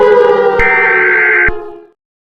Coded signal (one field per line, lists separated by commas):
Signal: Emergency Alert System (SAME) tones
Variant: header bursts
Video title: EAS Scenario #7: Light's Rampage pt 1: The Beginning